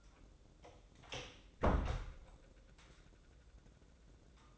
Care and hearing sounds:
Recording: daily activity, microphone in the room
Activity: close door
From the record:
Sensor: 3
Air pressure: 1012.3 hPa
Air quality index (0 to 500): 181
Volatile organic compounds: 3 ppm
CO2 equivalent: 1385 ppm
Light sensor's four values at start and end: 611/1521/630/651 and 610/1518/629/650

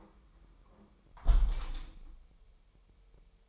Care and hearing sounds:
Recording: daily activity, microphone in the room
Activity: close window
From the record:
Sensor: 1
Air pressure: 999.9 hPa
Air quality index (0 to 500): 237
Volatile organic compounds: 108 ppm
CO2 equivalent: 3804 ppm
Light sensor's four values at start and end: 10/26/10/11 and 10/25/10/11

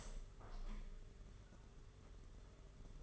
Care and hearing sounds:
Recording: daily activity, microphone in the room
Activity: open window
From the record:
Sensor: 4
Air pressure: 992.1 hPa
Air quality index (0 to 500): 96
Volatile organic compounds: 10 ppm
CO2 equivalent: 2243 ppm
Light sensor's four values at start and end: 22/76/28/29 and 22/77/28/30

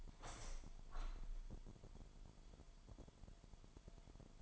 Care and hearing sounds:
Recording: daily activity, microphone in the room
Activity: open window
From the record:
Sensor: 5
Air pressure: 998.0 hPa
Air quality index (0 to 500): 96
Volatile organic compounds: 2 ppm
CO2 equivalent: 1102 ppm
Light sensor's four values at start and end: 26/63/26/29 and 26/63/26/29

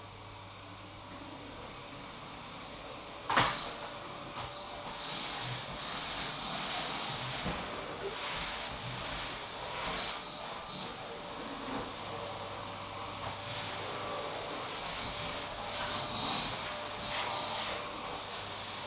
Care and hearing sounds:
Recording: daily activity, microphone in the room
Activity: vacuum cleaning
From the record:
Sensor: 1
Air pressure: 988.7 hPa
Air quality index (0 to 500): 198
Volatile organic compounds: 986 ppm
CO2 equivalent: 5282 ppm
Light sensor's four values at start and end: 25/93/35/36 and 24/91/34/36

